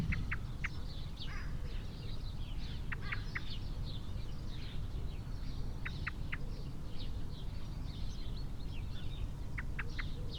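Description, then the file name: Eurasian blackbird calls: short, sharp chink notes in pairs and triplets, repeated several times, over a steady low rumble with other birds twittering faintly. "Turdus merula"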